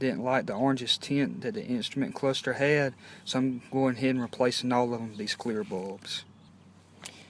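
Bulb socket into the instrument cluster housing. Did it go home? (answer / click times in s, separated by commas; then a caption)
yes / 7.1 s. Someone talks while replacing the instrument cluster bulbs in a 2001–2004 Toyota Tacoma, swapping the orange-tinted ones for new clear bulbs. At 7.1 s, after the talking stops, a bulb socket holding a new clear bulb is turned clockwise into the instrument cluster housing and clicks as it twist-locks into place, seated.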